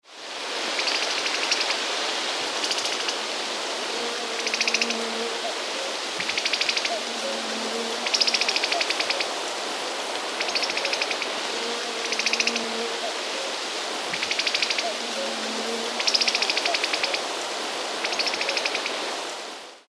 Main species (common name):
Hazel Grouse